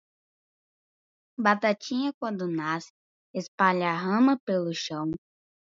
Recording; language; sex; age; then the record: short text; Brazilian Portuguese; female; 40 to 49 years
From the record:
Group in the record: control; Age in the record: 47 years